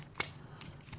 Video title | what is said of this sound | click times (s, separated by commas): Samsung Galaxy S9 Plus OtterBox Defender | right in place and get a little click they gonna try and pull it off it's not coming | 0.2 s